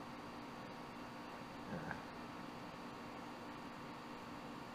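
A screw is turned backwards into the top hole from the bottom of the bearing block on an OXY 2 model helicopter frame, over a steady low hiss and hum. A faint rubbing is followed by a single small click at 1.9 s as the screw drops into the existing thread. The screw is seated and hooked in the threads.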